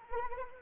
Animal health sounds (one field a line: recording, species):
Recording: mosquito wingbeat signal from an infrared sensor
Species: Anopheles arabiensis